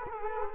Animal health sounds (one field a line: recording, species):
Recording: mosquito wingbeat signal from an infrared sensor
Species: Culex quinquefasciatus